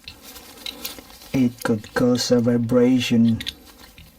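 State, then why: Not seated. A cooling fan for an MSI RX 6750 XT Gaming X Trio graphics card is lined up on its three mounting holes with the plastic shroud and handled while someone talks. Faint ticks and scrapes of handling come through, and nothing has seated or clicked yet.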